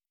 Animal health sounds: hydrophone in a shrimp aquaculture tank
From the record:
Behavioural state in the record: normal

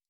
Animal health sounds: hydrophone in a shrimp aquaculture tank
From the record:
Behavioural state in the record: stressed

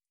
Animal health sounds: hydrophone in a shrimp aquaculture tank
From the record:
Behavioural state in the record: starved

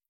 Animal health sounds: hydrophone in a shrimp aquaculture tank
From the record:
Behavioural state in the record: feeding

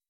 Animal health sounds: hydrophone in a shrimp aquaculture tank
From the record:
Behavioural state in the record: weakened

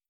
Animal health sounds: hydrophone in a shrimp aquaculture tank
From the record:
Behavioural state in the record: starved

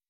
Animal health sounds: hydrophone in a shrimp aquaculture tank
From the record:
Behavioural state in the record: weakened

